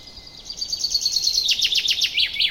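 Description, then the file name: Common chaffinch song: a run of quick high notes followed by a louder trill of descending notes. "Fringilla coelebs"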